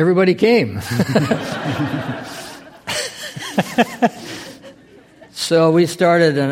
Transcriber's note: laughter